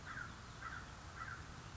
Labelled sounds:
American Crow (Corvus brachyrhynchos)
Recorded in Sonoma County, California

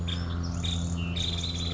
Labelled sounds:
Nuttall's Woodpecker (Dryobates nuttallii)
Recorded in Sonoma County, California

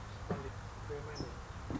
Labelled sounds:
California Towhee (Melozone crissalis)
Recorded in Sonoma County, California

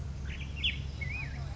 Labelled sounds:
Black-headed Grosbeak (Pheucticus melanocephalus)
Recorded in Sonoma County, California

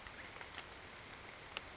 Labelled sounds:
Western Flycatcher (Empidonax difficilis)
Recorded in Sonoma County, California

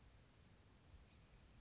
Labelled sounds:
Blue-gray Gnatcatcher (Polioptila caerulea)
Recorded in Sonoma County, California

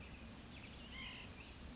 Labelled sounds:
White-breasted Nuthatch (Sitta carolinensis)
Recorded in Sonoma County, California

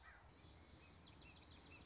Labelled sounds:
Common Yellowthroat (Geothlypis trichas)
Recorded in Sonoma County, California

